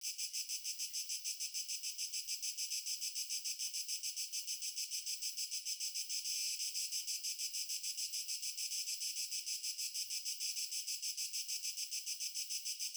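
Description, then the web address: Crickets chirp in a dense, steady high-pitched chorus of rapid regular pulses throughout, with no other sounds. Nature ambience with crickets. "Stefano Cremona - Pure Nature Ambiences Crickets"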